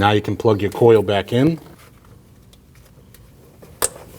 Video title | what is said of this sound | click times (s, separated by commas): How to Replace Ignition Coils 1-4 2012-2021 Nissan NV2500 | Listen for the click. | 3.8 s